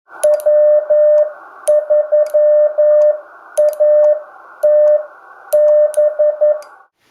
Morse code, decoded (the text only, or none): W3ATB